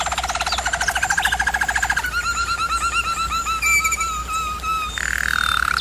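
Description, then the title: German Roller canary song: fast pulsed rattle rising in pitch, then slower evenly spaced bell-like notes, closing on a low roll. German Roller canary singing, for canary training. "German Roller Canary Singing - Canary Training Vid"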